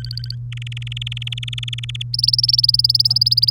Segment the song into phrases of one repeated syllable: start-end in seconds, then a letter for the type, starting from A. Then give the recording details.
0.00-0.35 A, 0.52-2.02 B, 2.13-3.51 C. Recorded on 3 May 2018 at 09:39. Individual llb3